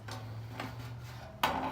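A furnace access panel door is put back on the HVAC cabinet after a filter change and pushed until it latches. Over a steady low hum, a soft knock sounds at 0.6 s, then a sharp, loud click at 1.4 s as the door latches into place, seated.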